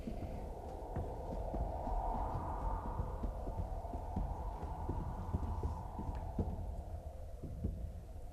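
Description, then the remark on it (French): Steady hoofbeats of two riders on horseback, one a king, thud in a quick, even rhythm across a plain over a constant low rumble and a whooshing hiss of winter wind, with no voices, the level staying fairly even throughout. “Dans la plaine, tandis que souffle le vent d'hiver, Beckett et le roi à cheval se retrouvent face à face.”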